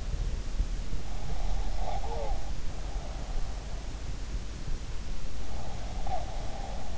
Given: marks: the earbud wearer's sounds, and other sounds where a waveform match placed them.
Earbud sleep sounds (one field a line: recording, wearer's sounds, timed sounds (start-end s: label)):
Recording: sounds in sleep by an in-ear microphone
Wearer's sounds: breath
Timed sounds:
1.08-2.51 s: breath
5.64-6.98 s: breath